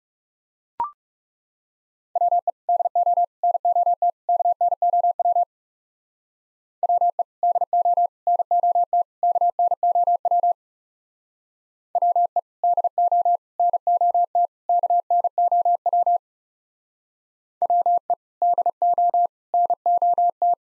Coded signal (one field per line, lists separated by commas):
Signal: Morse code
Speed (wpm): 35 wpm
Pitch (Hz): 700 Hz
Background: none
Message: WE DO NOT KNOW WE DO NOT KNOW WE DO NOT KNOW WE DO NOT